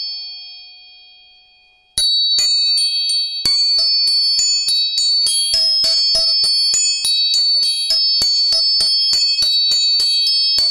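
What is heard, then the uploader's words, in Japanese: A tuning fork's high ringing tone fades for two seconds, then rapid metallic strikes follow, several per second, each leaving bright, lingering ringing. 音叉チューニング全体性。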